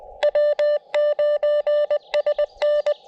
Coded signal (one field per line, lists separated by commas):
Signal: Morse code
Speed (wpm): 16 wpm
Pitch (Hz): 600 Hz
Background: none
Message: W9SN